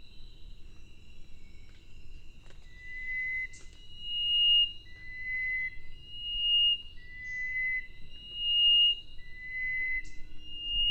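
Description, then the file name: Chestnut-breasted wren song of drawn-out pure whistles swapping between two pitches, steady and unhurried, over a soft background hum. "cyphorhinus thoracicus"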